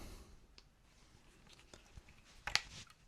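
A folding stock is put on a rifle receiver and folded into position; the fingers get pinched as it goes. Quiet handling with a faint tick at 0.6 s builds to a sharp, bright double click at 2.5 and 2.6 s as the stock latches on and seats.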